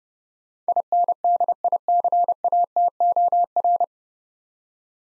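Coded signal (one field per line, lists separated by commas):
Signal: Morse code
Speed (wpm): 30 wpm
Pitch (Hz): 700 Hz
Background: none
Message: INDICATOR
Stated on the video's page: Morse drill of nine-letter words at 30 wpm, each sent, spoken, then sent again for head-copy practice.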